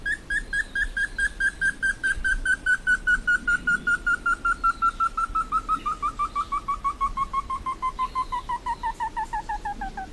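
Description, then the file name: Slaty bristlefront song, one extended series of loud, evenly spaced whistled notes that drift steadily downward in pitch throughout. "Canto do entufado"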